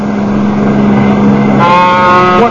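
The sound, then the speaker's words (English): A car engine drones loudly and steadily, then tires break into a high, piercing screech for the last second as the car swerves sharply to avoid hitting a pedestrian. “What were you trying to do? Get killed? If I hit you, that tin can would have rolled over five times.”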